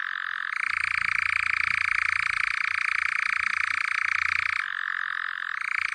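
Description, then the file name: European nightjar giving a steady, rapid, rattling churr that switches between a lower and higher pitch, unbroken throughout. "natteravn"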